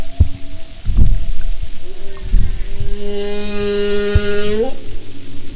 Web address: Sound and Marine Mammals humpback